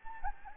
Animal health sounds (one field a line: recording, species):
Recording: mosquito wingbeat signal from an infrared sensor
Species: Anopheles gambiae